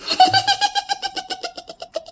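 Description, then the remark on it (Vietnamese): A small child of about one to three years old giggles in a rapid string of high-pitched, rhythmic bursts that quicken and fade slightly toward the end, with an eerie, breathy quality and no other voices. “Mà cái tiếng cười này á là tiếng cười của con nít chứ không phải là người lớn nha các bạn.”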